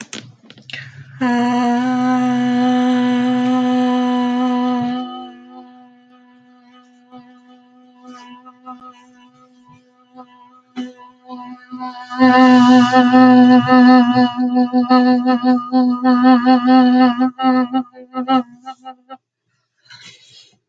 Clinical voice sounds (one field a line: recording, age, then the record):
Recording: vowel held as long as possible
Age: 20 to 29 years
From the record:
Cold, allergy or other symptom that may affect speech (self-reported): no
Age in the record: 23 years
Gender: other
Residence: Washington, United States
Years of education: 13